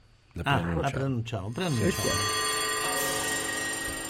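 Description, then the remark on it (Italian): A voice speaks briefly, then a steady electronic telephone ring tone sounds as a call to a guest connects, holding an even, sustained pitch for the remaining couple of seconds. “allora, abbiamo al telefono un'amica?”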